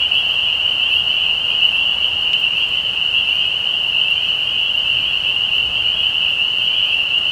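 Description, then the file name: Spring peepers calling in a dense chorus, a steady high shrill band of overlapping peeps running unbroken throughout, with no other clear sounds. Several spring peepers recorded on 15 May 2020. "peepers-20200515"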